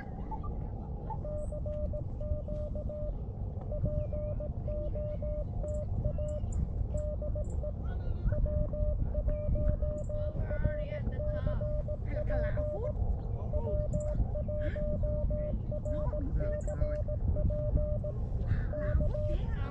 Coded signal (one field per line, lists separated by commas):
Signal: Morse code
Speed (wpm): 18 wpm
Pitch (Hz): 600 Hz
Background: speech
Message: CQ POTA DE W1RCP W1RCP K